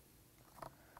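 A RAM module is pushed into the memory slot of a 2007 MacBook Pro laptop and pressed until it latches. A sharp click sounds at 0.6 s, followed by a softer tick at 1.0 s. The module is seated and locked in.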